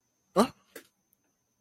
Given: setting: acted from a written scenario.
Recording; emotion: vocal sound without words; negative surprise